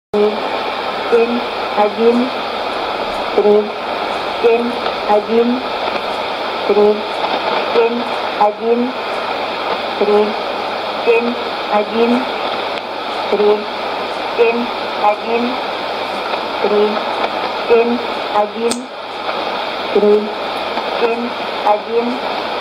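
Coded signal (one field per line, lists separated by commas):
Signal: numbers station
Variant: S06s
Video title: 10 08 2015 Numbers Station S06s 0832 on 8221 CUSB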